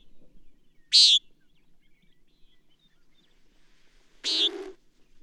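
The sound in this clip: Bird giving two loud high chirps about three seconds apart, the second broader with a lower rasping undertone, in near silence.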